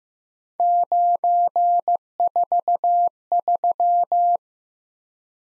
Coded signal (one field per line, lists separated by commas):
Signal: Morse code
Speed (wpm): 15 wpm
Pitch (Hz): 700 Hz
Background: none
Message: 943